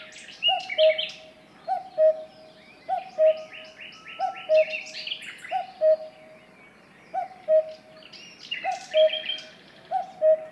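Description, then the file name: Cuckoo calling cu-coo, a lower second note after the first, a little over a second apart, with a lively chorus of other birds singing. "minutes of cuckoos"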